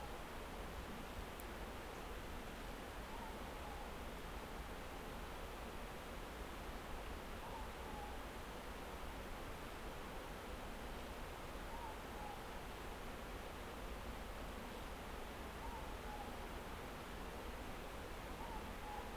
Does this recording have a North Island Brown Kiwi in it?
no